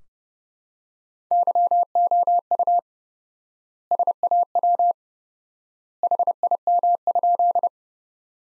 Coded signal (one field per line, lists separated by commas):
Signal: Morse code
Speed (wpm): 32 wpm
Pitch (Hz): 700 Hz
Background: none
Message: YOU SAW HIM?